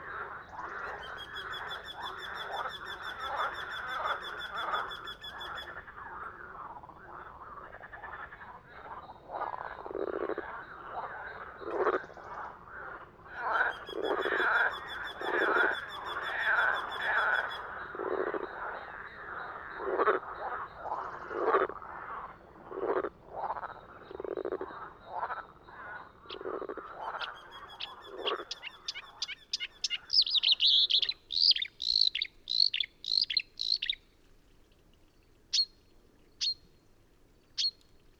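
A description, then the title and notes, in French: Outdoors in a valley, a dense mid-pitched chorus of rapid croaking pulses fills the first half, joined twice by a bright, buzzy trill. Near the end the chorus stops and sharp, high chirping calls ring out in quick bursts, then singly, against near silence. Divers lieux dans la vallée du Maravel - divers équipements. Expérience étonnante du confinement COVID19 pendant trois mois seul avec les animaux et paysages sauvages de cette vallée du Haut-Diois.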